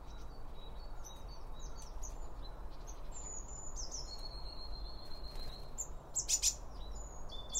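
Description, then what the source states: Birds chirping and whistling high, with a longer level whistle and a sharp burst of calls near the end, over low steady noise. Birds around a bird feeder, recorded with two OM 1 microphones from Line Audio.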